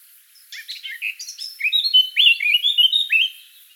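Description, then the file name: Eurasian blackcap: a brief quiet warble, then a loud series of clear, pure whistles with falling and rising slurs. "Sylvia atricapilla"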